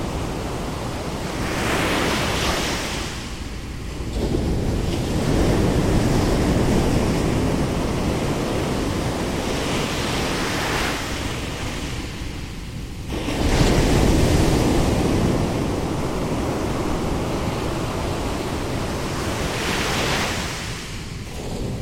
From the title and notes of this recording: The surf pounds against the sand. A remnant of a hurricane now past. Recorded in Robbins Rest, Fire Island NY in August of 2021. LOM Uši Pros, Sound Devices MixPre-3 II, baffled stereo array.